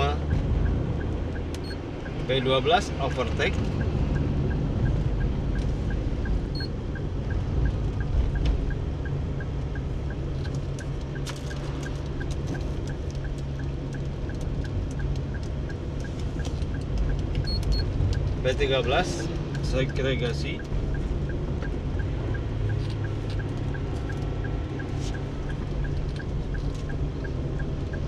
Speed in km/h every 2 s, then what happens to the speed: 39, 39, 38, 38, 35, 34, 34, 34, 34, 33, 32, 32, 31, 31.
0-28 slows to 31.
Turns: none.